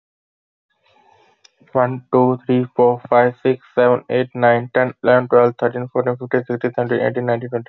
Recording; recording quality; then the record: counting at a fast pace; moderate, slight background noise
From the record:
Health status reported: healthy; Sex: male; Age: 25 years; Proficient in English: yes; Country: India